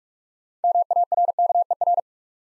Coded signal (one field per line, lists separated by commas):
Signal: Morse code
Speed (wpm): 43 wpm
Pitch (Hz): 700 Hz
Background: none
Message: MARKER